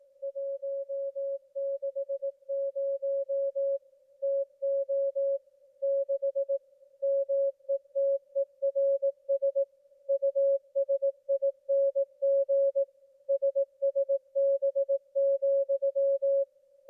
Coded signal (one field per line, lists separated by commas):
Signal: Morse code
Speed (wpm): 18 wpm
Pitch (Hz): 550 Hz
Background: music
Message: 160 TO 6 METERS USING SSB,